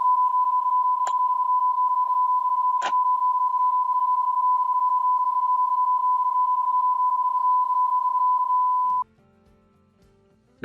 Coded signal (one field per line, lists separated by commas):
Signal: PSK31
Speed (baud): 31.25 baud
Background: radio noise